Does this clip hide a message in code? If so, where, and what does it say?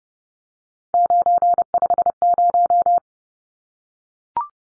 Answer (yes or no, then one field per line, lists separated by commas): yes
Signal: Morse code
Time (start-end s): 0.9-3.0 s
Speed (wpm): 30 wpm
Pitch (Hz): 700 Hz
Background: none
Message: 950